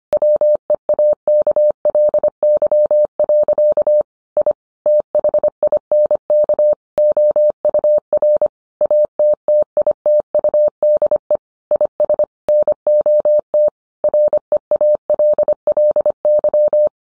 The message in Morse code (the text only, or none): WEAKLY. I THINK OUR ATTITUDE IS NOT REALLY